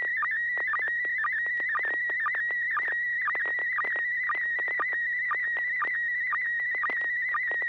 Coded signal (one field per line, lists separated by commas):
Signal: SSTV (slow-scan television)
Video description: Watch and interact with our members as we exchange Slow Scan Television images via amateur radio.